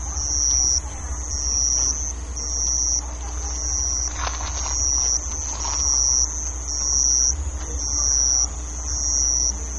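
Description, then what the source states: Band-legged ground cricket: high-pitched trilling in regular segments of about a second, with faint thumps and a low steady hum beneath. Recorded 18 June 2014.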